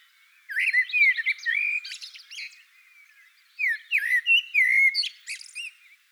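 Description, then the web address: Common blackbird song: two separate phrases of low, liquid whistled notes, each trailing into high, thin twitters. "sammel Naturinspelningar Koltrast"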